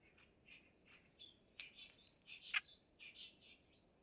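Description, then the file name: Clamorous reed warbler calling: harsh, throaty chattering notes in an uneven series, with one louder sharp note midway, against a quiet background. "stentorrohrsaenger"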